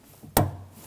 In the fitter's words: Make sure you hear it click on.